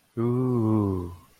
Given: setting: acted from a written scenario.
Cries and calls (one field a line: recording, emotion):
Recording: vocal sound without words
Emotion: adoration